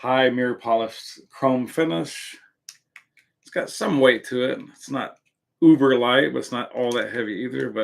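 Someone talks while handling a heavy, mirror-polished chrome cap on a Mercedes-Benz VIP Club Addictive Oriental perfume bottle, with a couple of faint, brief ticks near 2.7 and 3.0 seconds in a pause between phrases. The cap has not snapped on or seated yet.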